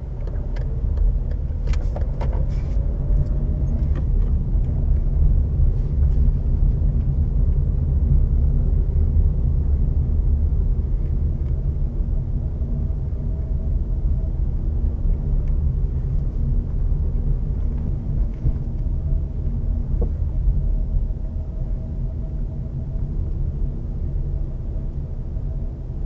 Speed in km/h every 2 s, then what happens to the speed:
10, 13, 16, 18, 16, 15, 14, 14, 16, 15, 14, 16, 15.
0-6 speeds up to 18. 6-26 steady at about 15.